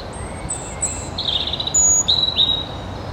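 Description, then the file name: European robin uttering a quick sequence of very high, thin whistles and short trilled notes, with gentle background noise. "Erithacus rubecula"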